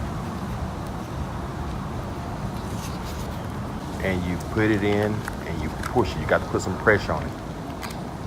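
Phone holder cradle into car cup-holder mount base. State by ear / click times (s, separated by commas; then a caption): seated / 7.8 s. Someone talks while pushing a phone holder cradle down into a Toovren car cup-holder phone mount base, pressing firmly until it locks. A short, sharp click is heard at 7.9 s as the holder seats in the mount.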